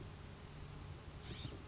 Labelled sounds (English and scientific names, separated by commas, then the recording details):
California Scrub-Jay (Aphelocoma californica)
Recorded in Sonoma County, California